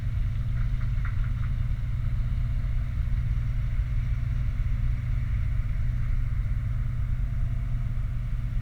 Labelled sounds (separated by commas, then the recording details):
truck, machinery, flare stack
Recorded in the Prudhoe Bay oil fields, Alaska, on 29 July 2019 at 00:18
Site 29